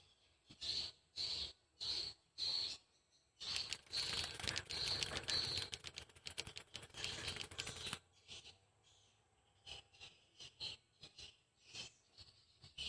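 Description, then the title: Swiftlet calls: several high buzzy bursts in a regular series, then a stretch of rapid dry clicking, followed by sparser chirps. "Suara Burung Wallet"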